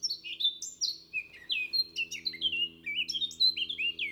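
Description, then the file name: Eurasian blackcap song: continuous fluty warbling of quick downslurred and rising notes, with a faint low hum in the background. "Sylvia atricapilla"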